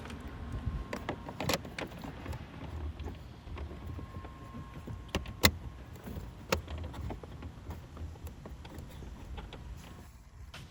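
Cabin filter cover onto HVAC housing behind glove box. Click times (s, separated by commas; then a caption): 5.5 s. On a 2017 Honda Accord, the plastic cabin air filter access cover is pushed back onto the HVAC housing behind the glove box. It snaps into place with a sharp click at 5.5 seconds, and the cover is seated. A few other quieter ticks and handling noises occur around it, along with a low background rumble.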